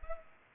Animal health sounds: mosquito wingbeat signal from an infrared sensor; Culex pipiens

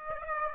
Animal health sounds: mosquito wingbeat signal from an infrared sensor; Aedes aegypti

